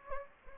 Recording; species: mosquito wingbeat signal from an infrared sensor; Anopheles gambiae